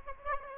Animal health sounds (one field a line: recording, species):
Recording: mosquito wingbeat signal from an infrared sensor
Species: Aedes aegypti